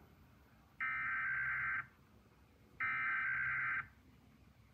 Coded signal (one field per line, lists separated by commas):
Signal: Emergency Alert System (SAME) tones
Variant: header bursts